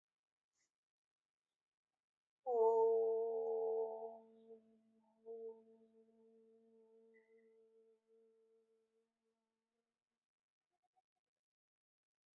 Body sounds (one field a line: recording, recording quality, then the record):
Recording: sustained vowel as in boot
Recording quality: excellent, no background noise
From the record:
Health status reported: healthy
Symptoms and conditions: hypertension, diabetes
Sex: female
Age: 62 years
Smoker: not ticked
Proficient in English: yes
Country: India